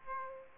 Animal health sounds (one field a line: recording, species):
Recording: mosquito wingbeat signal from an infrared sensor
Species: Aedes aegypti